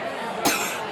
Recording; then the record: coughing mixed with background sound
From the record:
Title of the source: 64 coughing, allergies, singing lungs